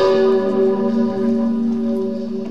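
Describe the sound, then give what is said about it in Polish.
The Sigismund Bell, a large cathedral bell, rings on a great feast day with a deep, sustained hum, its layered overtones holding steady and shimmering throughout without fading. No voices are heard. “No i dzisiaj takie wielkie święto i to dzwon Zygmunta”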